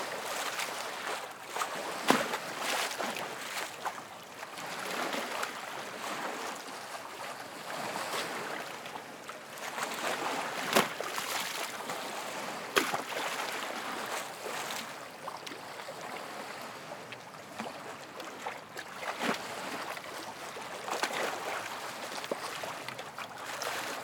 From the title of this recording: Lake Waves Crashing Into The Dock